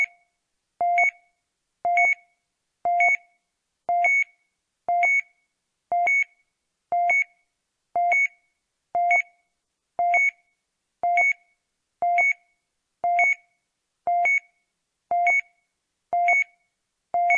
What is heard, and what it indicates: Heart monitor beep sound.